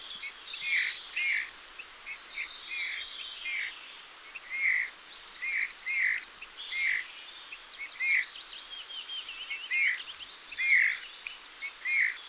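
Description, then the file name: Eurasian bullfinch calls: soft piping whistles repeated many times, with thin high chirps and trills of other birds behind. "Pyrrhula pyrrhula"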